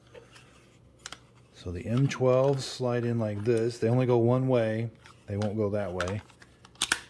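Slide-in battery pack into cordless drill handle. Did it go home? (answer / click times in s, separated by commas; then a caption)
yes / 6.8 s, 6.9 s. Someone talks while sliding a genuine Milwaukee M12 lithium-ion battery pack into the base of the handle of a Milwaukee M12 2494-22 cordless drill/driver; the pack fits only one way. It latches home with two sharp clicks at 6.8 s and 6.9 s, and the battery is seated.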